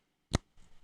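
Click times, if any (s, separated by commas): 0.4 s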